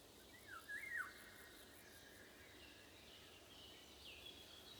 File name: golden oriole wind